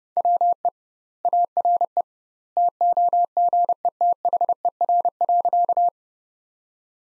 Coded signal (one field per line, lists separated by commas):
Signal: Morse code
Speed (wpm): 28 wpm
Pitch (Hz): 700 Hz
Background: none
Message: WE ARE TOGETHER.